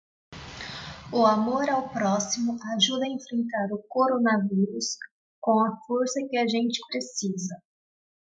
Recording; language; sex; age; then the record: spoken sentence; Brazilian Portuguese; female; 20 to 29 years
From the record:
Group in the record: control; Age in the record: 28 years